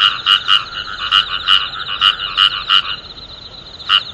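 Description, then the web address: Frog croaks rapidly for nearly three seconds, falls silent, then gives one last note, with a rattling chorus continuing behind. "tera kaeru"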